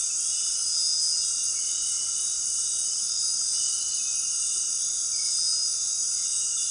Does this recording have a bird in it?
no